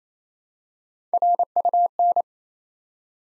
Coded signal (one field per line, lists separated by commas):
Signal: Morse code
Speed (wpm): 27 wpm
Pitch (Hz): 700 Hz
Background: none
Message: RUN